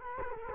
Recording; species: mosquito wingbeat signal from an infrared sensor; Culex quinquefasciatus